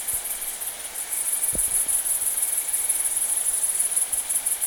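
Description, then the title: Bush-cricket song: a loud, high, buzzy pulsed trill running without a break, over a fainter steady lower insect trill and a few low thumps. Saignon, Vaucluse, September 2000; Italian tree crickets also singing. "Sylvain Jaskowiak - Animus. Grandes sauterelles vertes, grillons d'Italie et decticelles - Saignon, Vaucluse - septembre 2000"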